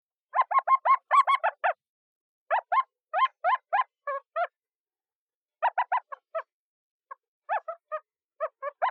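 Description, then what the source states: Pale chanting goshawk giving short harmonic chirps in quick bursts of several notes, separated by brief pauses; no other sounds. Low chirp.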